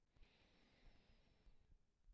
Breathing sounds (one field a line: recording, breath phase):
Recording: one breath near a microphone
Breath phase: inhalation